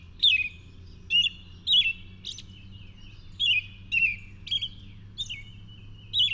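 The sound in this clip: Bird song with slower, sliding high notes that dip and twist, spaced irregularly, over a low steady hum.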